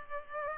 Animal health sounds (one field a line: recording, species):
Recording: mosquito wingbeat signal from an infrared sensor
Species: Culex pipiens